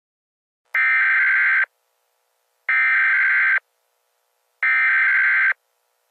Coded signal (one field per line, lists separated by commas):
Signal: Emergency Alert System (SAME) tones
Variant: header bursts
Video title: EAS Scenario: Kansas Tornado Disaster